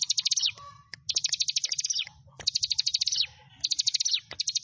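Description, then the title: Prinia phrases of fast, high chattering notes, each ending with a downward slur. "Ciblek Sawah"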